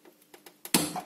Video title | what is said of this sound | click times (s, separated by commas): Xiaomi Scishare kapszulás kávéfőző bemutató | né. Kattanásig. | 0.7 s